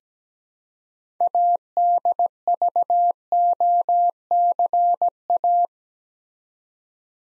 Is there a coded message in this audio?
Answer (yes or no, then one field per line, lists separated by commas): yes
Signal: Morse code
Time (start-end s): 1.2-5.7 s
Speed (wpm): 17 wpm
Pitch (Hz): 700 Hz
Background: none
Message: ADVOCA